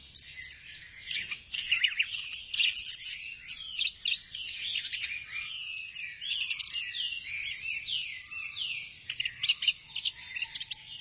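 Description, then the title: Thrush pouring out a long, varied high song of sweeping whistles and quick twittering notes in rapid succession. "burung anis x"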